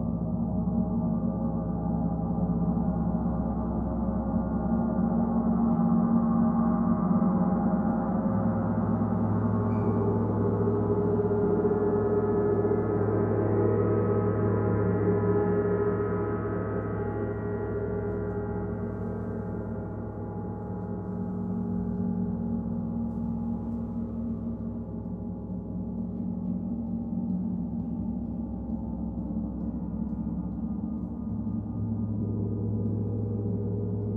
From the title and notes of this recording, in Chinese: 銅鑼練習 Gong。今天的音波多變化。